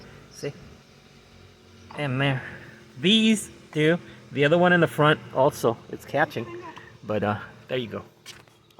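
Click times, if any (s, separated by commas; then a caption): none. A car door trim panel made of wooden board is pressed toward its plastic trim clips in the door frame, but the board is too soft in that area and will not clip in. Someone talks throughout, with a few faint taps near the end. Nothing has seated or clicked yet.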